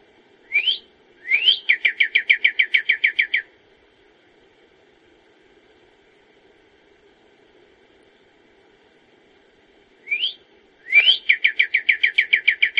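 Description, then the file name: Songbird repeating its phrase twice: one or two rising whistles, then a rapid, steady trill of a dozen-plus bright notes, with a long pause between phrases. "Bird Song-Sound Bible"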